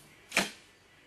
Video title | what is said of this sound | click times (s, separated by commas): GoVacuum's Haan Deluxe Total Home Cleaning Package, Includes Haan FS-20+ & HS-20 Models. | which is easily clicks into place there's a button on the back back right here to loosen that | 0.4 s